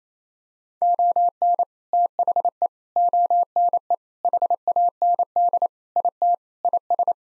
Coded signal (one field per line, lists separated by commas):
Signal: Morse code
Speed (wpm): 28 wpm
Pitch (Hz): 700 Hz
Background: none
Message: ON THE ONE HAND IT IS